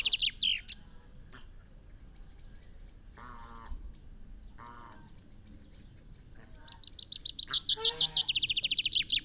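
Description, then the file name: Common chaffinch song: the flourish ending one song at the start, a new trilled song starting near the end, and a few lower calls in between. "Fringilla coelebs"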